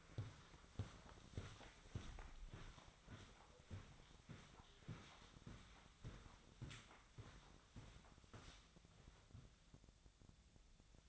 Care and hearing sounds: daily activity, microphone in the room; walk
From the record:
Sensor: 3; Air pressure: 1009.3 hPa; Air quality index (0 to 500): 191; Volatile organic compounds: 4 ppm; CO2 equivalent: 1546 ppm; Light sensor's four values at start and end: 57/148/65/67 and 57/147/65/67

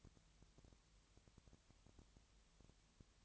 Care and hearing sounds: daily activity, microphone in the room; no activity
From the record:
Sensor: 3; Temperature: 20.6 degrees Celsius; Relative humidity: 34.7%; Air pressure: 1007.2 hPa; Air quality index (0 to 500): 137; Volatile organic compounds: 3 ppm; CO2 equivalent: 1530 ppm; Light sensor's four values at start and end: 2/3/2/2 and 2/3/2/2

